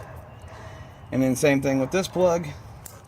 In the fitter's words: a click, and then zip tie everything up, as nice as you can,